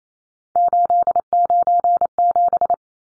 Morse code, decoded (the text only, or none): 897